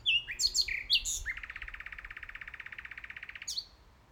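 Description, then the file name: Common nightingale singing a few loud whistled notes, then a long, even, rapid rattling trill lasting over two seconds, ending with one sharp note. "Nightingale - Nachtigall"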